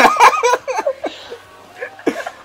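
A quick run of short, abrupt voiced gulps, several in the first second, then another sharp one near the end. Each has a sudden onset and a brief falling pitch. This pattern fits repeated hiccups, with a faint room background.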